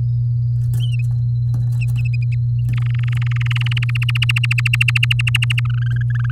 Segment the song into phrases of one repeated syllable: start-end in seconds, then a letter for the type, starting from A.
2.73-3.84 A, 3.89-5.60 B, 5.65-6.31 C